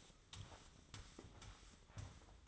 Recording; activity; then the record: daily activity, microphone in the room; sweep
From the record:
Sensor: 3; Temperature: 24.5 degrees Celsius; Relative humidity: 30.4%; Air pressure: 995.9 hPa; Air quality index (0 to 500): 94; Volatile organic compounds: 12 ppm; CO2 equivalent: 2355 ppm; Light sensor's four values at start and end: 27/80/34/30 and 20/53/23/21